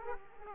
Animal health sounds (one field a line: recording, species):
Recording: mosquito wingbeat signal from an infrared sensor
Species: Aedes aegypti